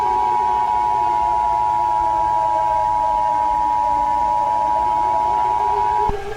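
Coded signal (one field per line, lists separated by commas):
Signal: Emergency Alert System (SAME) tones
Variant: 853 and 960 Hz attention tone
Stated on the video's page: Fictional EAS scenario about a dictatorship under martial law, using valid EAS tones.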